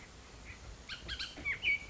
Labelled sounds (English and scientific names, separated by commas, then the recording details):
Bullock's Oriole (Icterus bullockii)
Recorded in Sonoma County, California